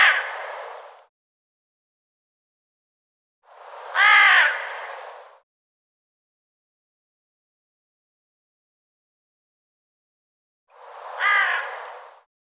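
Bird giving harsh, harmonic-rich calls, each a second or more long: one at the start, another near four seconds, a third near eleven seconds, with dead silence between.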